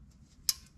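A plastic wheel speed sensor connector on a Porsche 911's front brake is pushed by hand into its mount at the brake. Against a quiet low rumble, a single sharp, bright click sounds at 0.5 s. The connector is seated.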